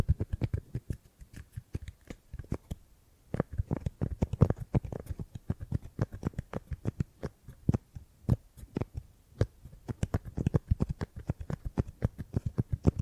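Gripping and grabbing sounds come as a rapid, irregular run of short soft thuds and rustles, each a brief low-heavy tap with a faint crisp edge. They keep coming throughout with no real pause, bunching into quicker flurries around the fourth and tenth seconds.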